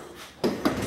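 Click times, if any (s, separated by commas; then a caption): 0.4 s, 0.6 s. A cabinet door latch closes into its cabinet frame in the living quarters of a 2017 Lakota Charger 8311 gooseneck 4-horse trailer, with two sharp snapping hits at 0.4 s and 0.7 s over quiet background. The latch catches and snaps into place, seated shut.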